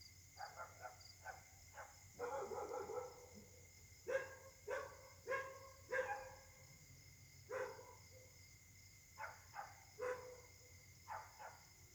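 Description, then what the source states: Dogs barking, several in chorus, with bursts of quick overlapping barks and single woofs, over a steady high hum. Night-time chorus of several dogs at Caltex, Trois-Mares, Réunion; Samsung Galaxy S8 smartphone whose left microphone tends to be clogged.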